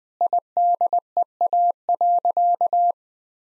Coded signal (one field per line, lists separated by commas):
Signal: Morse code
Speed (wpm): 20 wpm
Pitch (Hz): 700 Hz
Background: none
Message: IDEA.